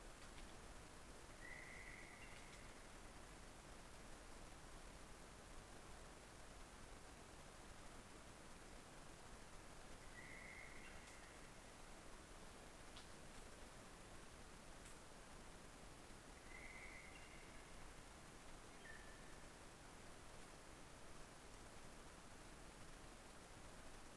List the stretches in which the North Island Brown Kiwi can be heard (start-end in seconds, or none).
none